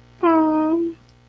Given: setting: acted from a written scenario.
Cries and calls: vocal sound without words; contentment

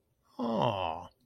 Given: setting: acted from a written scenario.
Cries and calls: vocal sound without words; adoration

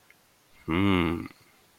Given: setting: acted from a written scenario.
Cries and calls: vocal sound without words; desire

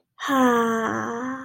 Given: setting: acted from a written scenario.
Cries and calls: vocal sound without words; contentment

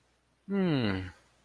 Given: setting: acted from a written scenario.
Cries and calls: vocal sound without words; confusion

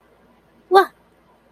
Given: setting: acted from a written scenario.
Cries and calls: vocal sound without words; positive surprise

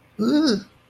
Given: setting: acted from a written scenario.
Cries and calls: vocal sound without words; fear

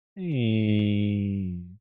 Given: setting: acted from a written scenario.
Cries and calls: vocal sound without words; embarrassment

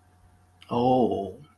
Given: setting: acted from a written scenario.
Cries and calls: vocal sound without words; embarrassment

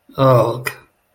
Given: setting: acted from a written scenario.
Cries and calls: vocal sound without words; disgust

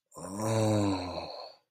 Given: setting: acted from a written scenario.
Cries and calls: vocal sound without words; ecstasy

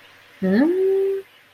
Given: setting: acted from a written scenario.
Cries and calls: vocal sound without words; confusion

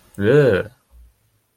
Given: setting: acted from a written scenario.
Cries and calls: vocal sound without words; disgust

